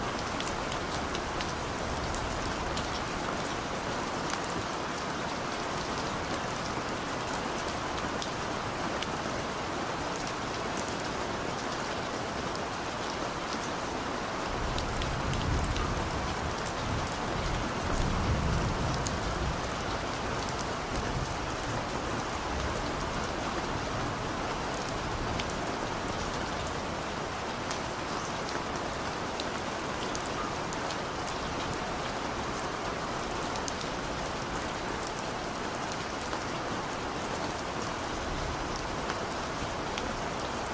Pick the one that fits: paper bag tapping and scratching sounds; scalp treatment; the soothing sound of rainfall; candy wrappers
the soothing sound of rainfall